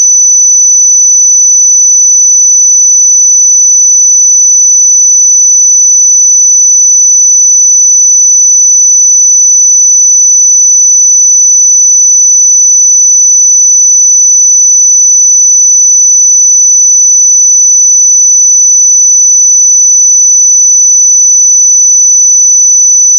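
A pure sine tone at 5990 Hz holds perfectly steady for the full twenty-three seconds, a thin, high, piercing whistle. Its loudness never wavers, and no other sound is present beneath it.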